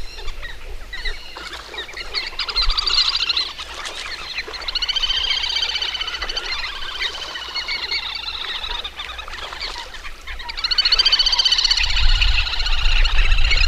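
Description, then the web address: Little grebe whinnying trills in three long bursts, fast and high-pitched, wavering up and down in pitch, with short pauses between them. "agykontroll Madardalok Cd 3. Kis vöcsök"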